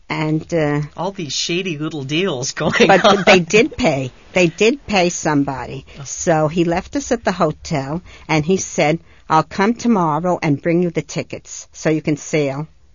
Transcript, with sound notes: All these shady little deals going on. ( he laughs )
But they did pay, they did pay somebody. So he left us at the hotel and he said, "I'll come tomorrow and bring you the tickets so you can sail."